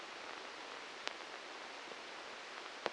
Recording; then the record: brain microelectrode recording played as sound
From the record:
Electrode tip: inside the subthalamic nucleus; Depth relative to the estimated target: 0 mm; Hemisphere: left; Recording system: NeuroSet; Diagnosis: Parkinson's disease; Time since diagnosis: 13 years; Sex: male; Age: 63 years